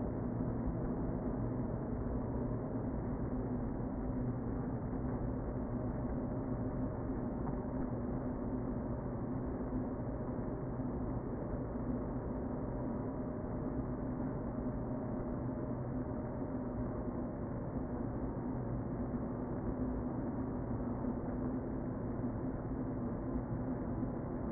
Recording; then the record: honeybee colony, microphone inside the hive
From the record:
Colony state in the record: queen present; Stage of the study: before two queens were removed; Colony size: about 60,000 bees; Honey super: yes